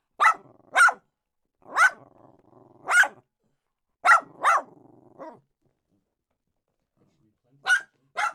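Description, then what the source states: Dog barking in pairs of sharp yaps with low growling between them, then a pause of about two seconds before two more barks. Small dog barking.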